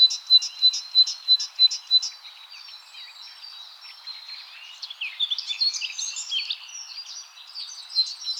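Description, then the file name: Great tit calls: a crisp series of high notes repeated about three a second, followed by a jumble of quieter, varied high chirps. "Parus major"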